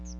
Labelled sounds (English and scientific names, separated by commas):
Chestnut-sided Warbler (Setophaga pensylvanica) flight call